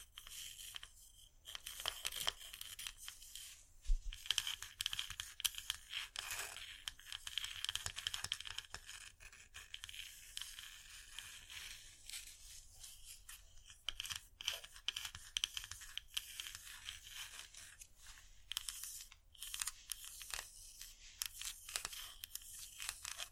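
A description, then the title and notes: Scratchy tapping runs almost without pause, a dense, crisp texture of quick scrapes and taps, bright and papery like tearing or crinkling. It swells in busier bursts and thins out briefly around a few points, with a low thud just before four seconds. Irresistible Scratchy-tapping. No Talking.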